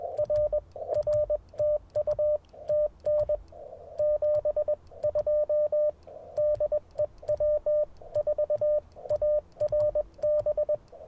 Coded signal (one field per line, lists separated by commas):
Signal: Morse code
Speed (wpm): 20 wpm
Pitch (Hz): 590 Hz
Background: radio noise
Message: RR TU TN 72 DE W4ARB